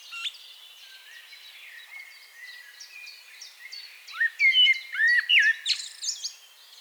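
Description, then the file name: Common blackbird: quiet high chirping at first, then a loud mellow warbled phrase with sliding notes after four seconds, closing in thin squeaks. "Turdus merula"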